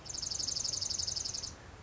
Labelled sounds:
Dark-eyed Junco

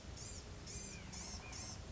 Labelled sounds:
Blue-gray Gnatcatcher

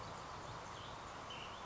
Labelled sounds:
Ash-throated Flycatcher

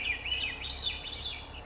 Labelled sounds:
Swainson's Thrush

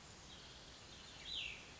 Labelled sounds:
Cassin's Vireo

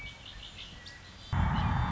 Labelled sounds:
Red-winged Blackbird

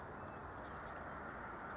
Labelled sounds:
California Towhee

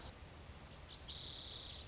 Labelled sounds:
Lazuli Bunting

